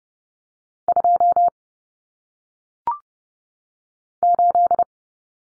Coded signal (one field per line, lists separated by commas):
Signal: Morse code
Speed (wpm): 30 wpm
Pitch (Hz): 700 Hz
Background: none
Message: 2 8